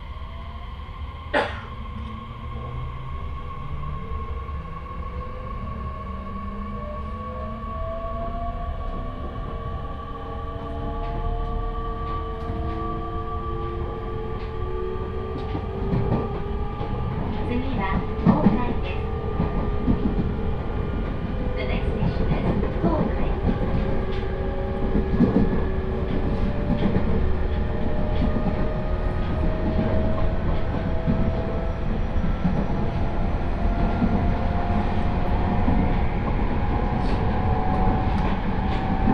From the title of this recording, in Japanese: 鉄道旅 常磐線 南中郷→勝田